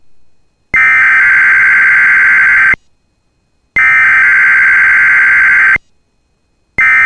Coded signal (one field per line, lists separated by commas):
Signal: Emergency Alert System (SAME) tones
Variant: header bursts